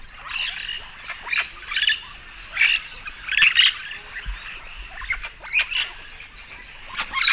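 Yellow-shouldered parrot squawks come in a busy, uneven stream of raucous calls, some shrill and clipped, others longer and rougher.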